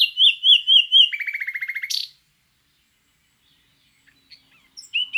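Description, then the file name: Common nightingale song phrase: four wavering whistled notes, then a fast buzzy rattle of repeated notes, followed by a long pause and a few notes near the end. "Luscinia megarhynchos"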